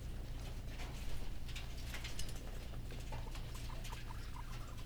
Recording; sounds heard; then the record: poultry house recording; healthy chickens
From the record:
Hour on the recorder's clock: 15